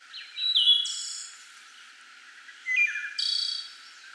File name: Wood Thrushes prefer to be heard not seen